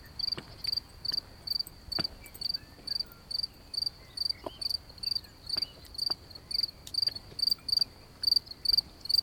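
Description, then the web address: Cricket, steady chirps of quick pulses repeated a little over twice per second, with scattered faint clicks. Recorded during an evening walk. "Abendspaziergang. Grillen"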